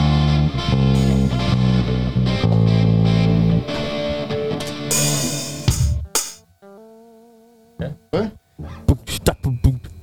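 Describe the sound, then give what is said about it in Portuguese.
A heavily distorted electric guitar plays thick, buzzing chords for several seconds, then cuts out, leaving a few thin sustained tones and short bursts of voices. “Tira um pouco pra mim do... Tira o... Distorção geral.”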